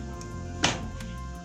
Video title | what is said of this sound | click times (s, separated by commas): "LAVADORA NUEVA DAÑADA: Cómo me ahorré $3,500 reparándola yo mismo" | Ya nos liberó la tapa. Si escucharon el clic, es el seguro de acá. | 0.6 s